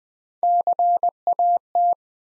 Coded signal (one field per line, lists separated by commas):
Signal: Morse code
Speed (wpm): 20 wpm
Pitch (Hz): 700 Hz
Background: none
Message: CAT